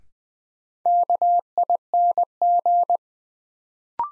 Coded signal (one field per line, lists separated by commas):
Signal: Morse code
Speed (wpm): 21 wpm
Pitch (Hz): 700 Hz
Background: none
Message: KING